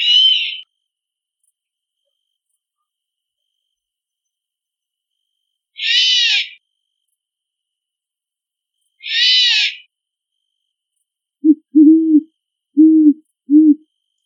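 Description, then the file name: Great horned owl sounds: three harsh, raspy screeches several seconds apart, then a quick run of low, clipped hoots near the end. Calling in a big forest. "Great horned owl call from big forest"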